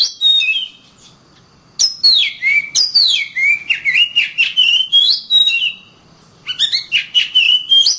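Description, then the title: Oriental magpie-robin pouring out a long, varied run of swooping whistles and harsh chattering notes, with two brief pauses, over a faint continuous high tone. "KACER"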